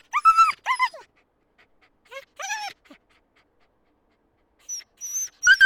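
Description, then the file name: Dog yelps: a pair of shrill yelps, a pause, two more, then silence before high whines and a final yelp. "Dogs Yelping 3"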